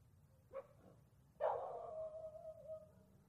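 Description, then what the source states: Dog barking, one short bark then a longer bark drawing out into a sustained, slightly wavering tone, over quiet low background hum. Distant dog barks heard near and far at night.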